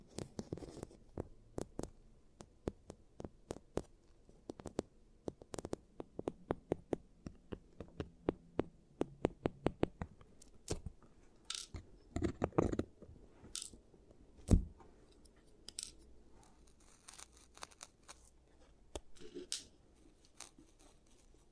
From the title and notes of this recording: ASMR Giant Teeth Treatment, Fixing Your Cavities (No Talking).